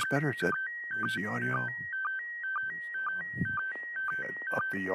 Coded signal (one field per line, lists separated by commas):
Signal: SSTV (slow-scan television)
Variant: PD 120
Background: speech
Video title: Live ISS SSTV